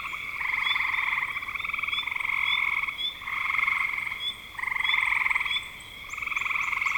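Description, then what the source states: Frog chorus of pulsed, rattling trills in bursts separated by short quieter gaps, with faint chirps above. Frogs recorded in spring 2025.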